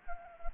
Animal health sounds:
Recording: mosquito wingbeat signal from an infrared sensor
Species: Anopheles gambiae

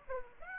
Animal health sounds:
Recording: mosquito wingbeat signal from an infrared sensor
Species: Aedes aegypti

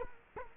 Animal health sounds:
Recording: mosquito wingbeat signal from an infrared sensor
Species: Culex quinquefasciatus

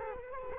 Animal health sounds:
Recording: mosquito wingbeat signal from an infrared sensor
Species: Culex quinquefasciatus

